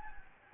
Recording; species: mosquito wingbeat signal from an infrared sensor; Anopheles gambiae